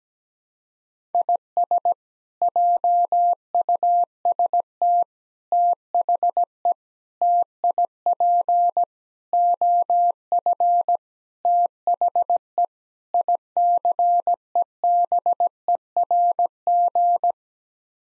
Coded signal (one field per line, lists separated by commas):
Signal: Morse code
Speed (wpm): 17 wpm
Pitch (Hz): 700 Hz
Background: none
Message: IS JUST THE TIP OF THE ICEBERG